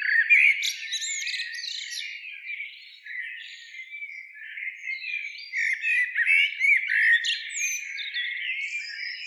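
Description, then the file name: Common blackbird uttering a steady stream of squeaky, chattering notes and short slurred whistles, loudest at the start and again near the end. "Turdus merula"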